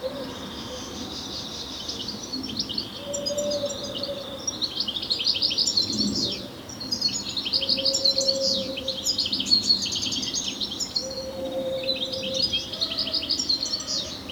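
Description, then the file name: European Goldfinch twitter, rapid jangling chirps in long runs, with a lower hum-like note now and then and faint background noise. "Carduelis carduelis"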